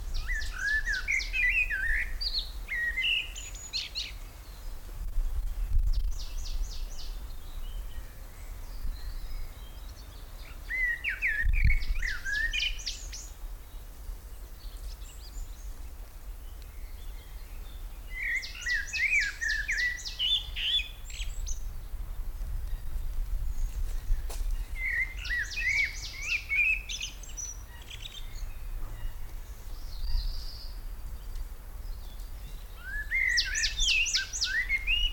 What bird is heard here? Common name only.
Common Blackbird